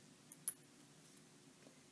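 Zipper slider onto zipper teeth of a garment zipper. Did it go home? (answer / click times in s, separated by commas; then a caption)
yes / 0.5 s. A zipper slider (pull) on a garment zipper is pushed onto the zipper teeth while both sides of the zipper tape are held, so that the end of the pull sits even with the tape. A faint tick at 0.3 s comes before a sharp click at 0.5 s as the slider seats on the teeth. There is a low steady hum throughout.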